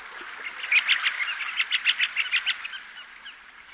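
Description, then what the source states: Sanderling calls, a flurry of short high chips and twitters repeated rapidly over a few seconds. Feeding on winter shores, following the waves and probing the sand for prey.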